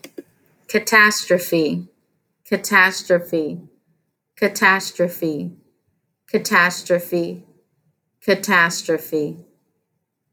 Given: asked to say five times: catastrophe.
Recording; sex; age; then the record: repeated word; female; 30 to 39 years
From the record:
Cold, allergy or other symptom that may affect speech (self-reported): no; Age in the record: 31 years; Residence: Louisiana, United States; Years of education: 18